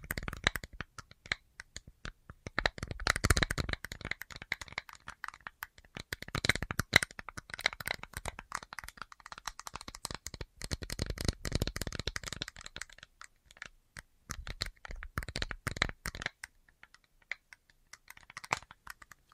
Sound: Tapping Assortment